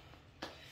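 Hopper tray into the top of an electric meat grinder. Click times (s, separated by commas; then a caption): 0.4 s. The metal feed hopper (meat tray) of a LEM Big Bite 32 electric meat grinder is set onto the top of the grinder head and twisted or pushed into place. A short, sharp click at 0.4 s rises out of quiet background handling noise and fades quickly. The hopper locks into place, seated and ready to grind.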